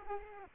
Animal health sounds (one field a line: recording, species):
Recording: mosquito wingbeat signal from an infrared sensor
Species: Culex pipiens